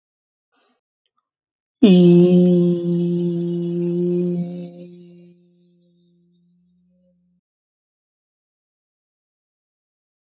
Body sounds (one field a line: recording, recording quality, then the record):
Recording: sustained vowel as in beet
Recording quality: excellent, no background noise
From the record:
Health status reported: healthy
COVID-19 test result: not tested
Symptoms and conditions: fatigue, muscle pain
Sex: male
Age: 37 years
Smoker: not ticked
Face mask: not worn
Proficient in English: yes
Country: India